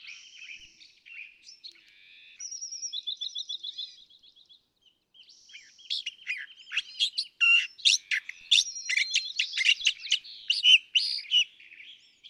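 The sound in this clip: California thrasher song, starting with whistled notes and rapid repeated trills, then a pause and a dense jumble of loud harsh and sharp notes.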